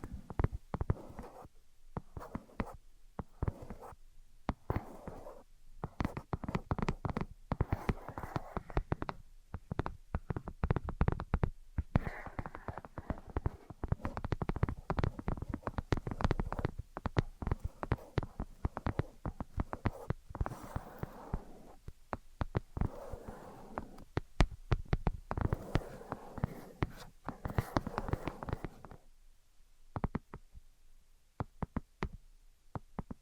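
Dense, uneven tapping and scratching in quick bursts with brief pauses, busiest between about 5 and 28 seconds, then thinning out.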